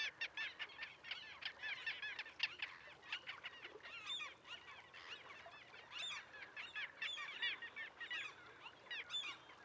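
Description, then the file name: Mew gulls giving many overlapping mewing calls, a continuous jumble of short, arched notes from several birds. "Mew Gull - Larus canus"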